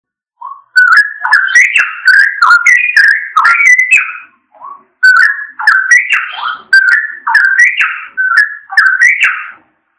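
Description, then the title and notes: Bird song of bright whistled notes between mid and high pitch, delivered in quick warbling bursts with short rising and falling phrases, pausing briefly midway, no other sounds. Bird song from Indonesia. "Kicau Burung Indonesia"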